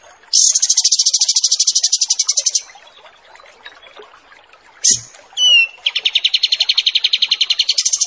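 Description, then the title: Pied triller song: a long, high buzzy trill, a pause, a sharp note and short whistle, then a second steady rapid trill. Wild bird; master training recording. "Masteran Kapas Tembak Liar"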